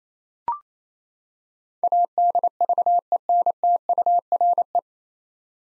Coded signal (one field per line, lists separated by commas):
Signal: Morse code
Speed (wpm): 28 wpm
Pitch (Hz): 700 Hz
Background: none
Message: ADVENTURE